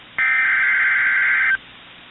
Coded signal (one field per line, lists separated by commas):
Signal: Emergency Alert System (SAME) tones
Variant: header bursts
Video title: PDS Tornado Warning Interrupted By An FFW EAS #620